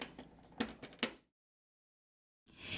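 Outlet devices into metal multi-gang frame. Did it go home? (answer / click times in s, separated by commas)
yes / 1.0 s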